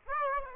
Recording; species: mosquito wingbeat signal from an infrared sensor; Aedes aegypti